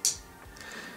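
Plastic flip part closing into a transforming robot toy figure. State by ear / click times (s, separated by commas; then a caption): seated / 0.0 s. A plastic flip part is pushed firmly shut on the US (Toys R Us edition) Transformers Masterpiece Optimus Prime robot toy figure, giving a sharp, substantial click at 0.05 s. A fainter, softer sound follows around 0.6 s, and the part then holds in place, seated.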